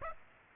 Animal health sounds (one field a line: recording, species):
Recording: mosquito wingbeat signal from an infrared sensor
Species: Aedes aegypti